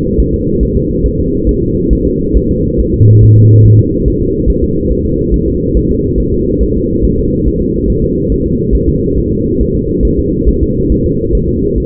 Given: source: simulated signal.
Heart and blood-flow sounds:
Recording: fetal heart sounds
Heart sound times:
0.20 s: S1
0.34 s: S2
0.63 s: S1
0.77 s: S2
1.06 s: S1
1.20 s: S2
1.49 s: S1
1.63 s: S2
1.93 s: S1
2.07 s: S2
2.37 s: S1
2.51 s: S2
2.80 s: S1
2.94 s: S2
3.23 s: S1
3.38 s: S2
3.66 s: S1
3.80 s: S2
4.08 s: S1
4.22 s: S2
4.50 s: S1
4.64 s: S2
4.92 s: S1
5.06 s: S2
5.34 s: S1
5.48 s: S2
5.77 s: S1
5.91 s: S2
6.20 s: S1
6.34 s: S2
6.63 s: S1
6.77 s: S2
7.05 s: S1
7.19 s: S2
7.48 s: S1
7.62 s: S2
7.90 s: S1
8.04 s: S2
8.32 s: S1
8.46 s: S2
8.75 s: S1
8.89 s: S2
9.18 s: S1
9.32 s: S2
9.61 s: S1
9.75 s: S2
10.05 s: S1
10.19 s: S2
10.49 s: S1
10.63 s: S2
10.92 s: S1
11.06 s: S2
11.35 s: S1
11.49 s: S2
11.78 s: S1
From the record:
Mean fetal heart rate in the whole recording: 140 bpm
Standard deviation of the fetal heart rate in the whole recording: 2 bpm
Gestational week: 34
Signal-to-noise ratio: -10.2 dB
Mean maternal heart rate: 72 bpm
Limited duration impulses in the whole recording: present

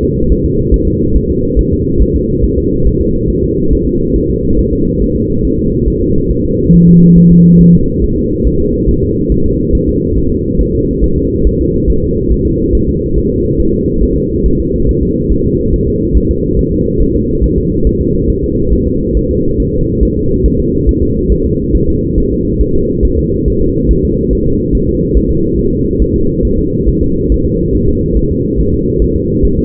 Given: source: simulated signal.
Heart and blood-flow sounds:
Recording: fetal heart sounds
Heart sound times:
0.03 s: S2
0.32 s: S1
0.46 s: S2
0.74 s: S1
0.88 s: S2
1.16 s: S1
1.30 s: S2
1.59 s: S1
1.73 s: S2
2.02 s: S1
2.16 s: S2
2.44 s: S1
2.58 s: S2
2.87 s: S1
3.01 s: S2
3.30 s: S1
3.44 s: S2
3.73 s: S1
3.87 s: S2
4.16 s: S1
4.30 s: S2
4.59 s: S1
4.73 s: S2
5.02 s: S1
5.16 s: S2
5.45 s: S1
5.59 s: S2
5.88 s: S1
6.02 s: S2
6.31 s: S1
6.45 s: S2
6.74 s: S1
6.88 s: S2
7.18 s: S1
7.32 s: S2
7.61 s: S1
7.75 s: S2
8.04 s: S1
8.18 s: S2
8.47 s: S1
8.61 s: S2
8.89 s: S1
9.03 s: S2
9.32 s: S1
9.46 s: S2
9.75 s: S1
9.89 s: S2
10.18 s: S1
10.32 s: S2
10.61 s: S1
10.75 s: S2
11.04 s: S1
11.18 s: S2
11.47 s: S1
11.61 s: S2
11.90 s: S1
12.04 s: S2
12.32 s: S1
12.47 s: S2
12.75 s: S1
12.89 s: S2
13.18 s: S1
13.32 s: S2
13.60 s: S1
13.75 s: S2
14.03 s: S1
14.17 s: S2
14.46 s: S1
14.60 s: S2
14.89 s: S1
15.03 s: S2
15.32 s: S1
15.46 s: S2
15.74 s: S1
15.88 s: S2
16.17 s: S1
16.31 s: S2
16.59 s: S1
16.73 s: S2
17.02 s: S1
17.16 s: S2
17.44 s: S1
17.58 s: S2
17.87 s: S1
18.01 s: S2
18.30 s: S1
18.44 s: S2
18.73 s: S1
18.88 s: S2
19.17 s: S1
19.31 s: S2
19.60 s: S1
19.74 s: S2
20.03 s: S1
20.17 s: S2
20.46 s: S1
20.60 s: S2
20.89 s: S1
21.03 s: S2
21.32 s: S1
21.46 s: S2
21.75 s: S1
21.89 s: S2
22.18 s: S1
22.32 s: S2
22.61 s: S1
22.75 s: S2
23.05 s: S1
23.19 s: S2
23.48 s: S1
23.62 s: S2
23.91 s: S1
24.05 s: S2
24.33 s: S1
24.47 s: S2
24.75 s: S1
24.89 s: S2
25.17 s: S1
25.31 s: S2
25.59 s: S1
25.73 s: S2
26.02 s: S1
26.16 s: S2
26.45 s: S1
26.59 s: S2
26.89 s: S1
27.03 s: S2
27.32 s: S1
27.46 s: S2
27.75 s: S1
27.89 s: S2
28.17 s: S1
28.31 s: S2
28.60 s: S1
28.74 s: S2
29.02 s: S1
29.16 s: S2
29.45 s: S1
29.59 s: S2
From the record:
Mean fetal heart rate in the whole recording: 140 bpm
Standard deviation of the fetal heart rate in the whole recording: 2 bpm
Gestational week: 34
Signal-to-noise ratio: -15.3 dB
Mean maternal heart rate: 72 bpm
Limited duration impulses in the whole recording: present

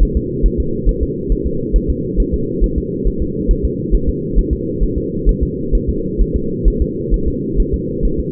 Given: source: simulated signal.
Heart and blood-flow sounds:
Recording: fetal heart sounds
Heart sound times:
0.03 s: S1
0.17 s: S2
0.46 s: S1
0.60 s: S2
0.89 s: S1
1.03 s: S2
1.32 s: S1
1.46 s: S2
1.76 s: S1
1.90 s: S2
2.20 s: S1
2.34 s: S2
2.64 s: S1
2.78 s: S2
3.07 s: S1
3.22 s: S2
3.51 s: S1
3.65 s: S2
3.94 s: S1
4.09 s: S2
4.39 s: S1
4.53 s: S2
4.83 s: S1
4.98 s: S2
5.29 s: S1
5.43 s: S2
5.75 s: S1
5.89 s: S2
6.21 s: S1
6.36 s: S2
6.68 s: S1
6.82 s: S2
7.14 s: S1
7.28 s: S2
7.60 s: S1
7.74 s: S2
8.05 s: S1
8.20 s: S2
From the record:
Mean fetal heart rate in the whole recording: 135 bpm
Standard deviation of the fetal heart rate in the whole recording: 3 bpm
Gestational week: 36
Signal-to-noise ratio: -6.6 dB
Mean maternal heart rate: 72 bpm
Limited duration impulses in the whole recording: present

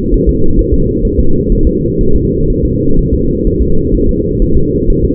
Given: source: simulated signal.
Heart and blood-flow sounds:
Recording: fetal heart sounds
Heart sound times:
0.14 s: S1
0.29 s: S2
0.59 s: S1
0.73 s: S2
1.05 s: S1
1.19 s: S2
1.52 s: S1
1.67 s: S2
2.01 s: S1
2.16 s: S2
2.50 s: S1
2.65 s: S2
2.99 s: S1
3.13 s: S2
3.47 s: S1
3.62 s: S2
3.94 s: S1
4.09 s: S2
4.42 s: S1
4.57 s: S2
4.90 s: S1
5.04 s: S2
From the record:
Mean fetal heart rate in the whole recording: 130 bpm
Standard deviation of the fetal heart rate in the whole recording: 4 bpm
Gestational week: 38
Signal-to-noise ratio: -19.1 dB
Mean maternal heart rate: 72 bpm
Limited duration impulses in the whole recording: present

